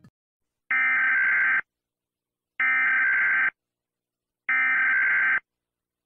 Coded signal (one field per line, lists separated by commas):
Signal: Emergency Alert System (SAME) tones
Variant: header bursts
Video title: EAS Scenario/Mock #8 - WW3